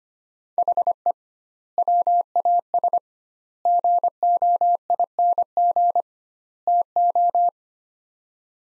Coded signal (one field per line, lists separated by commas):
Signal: Morse code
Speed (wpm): 25 wpm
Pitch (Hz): 700 Hz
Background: none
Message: HE WAS GOING TO